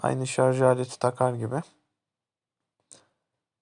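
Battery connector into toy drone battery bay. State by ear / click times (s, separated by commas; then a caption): seated / 2.9 s. Someone talks briefly, then the drone battery's connector is plugged in at the battery bay of a toy drone. After a short silence, a single short, sharp click sounds at 2.9 s as the connector seats.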